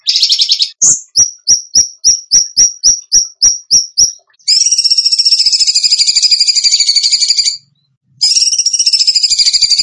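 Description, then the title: Bird song opening with a short trill, then a series of evenly spaced sharp whistled notes, followed by long, continuous buzzy trills. Masteran training recording of bird song in the tembakan gacor style. "Masteran Burung Tembakan Gacor"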